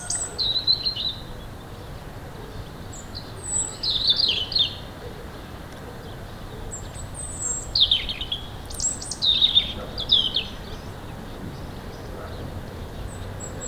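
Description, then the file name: European robin song: thin, high, tinkling warbled phrases with sliding whistles, delivered in short bursts separated by pauses, over a steady low background hiss. "Erithacus rubecula"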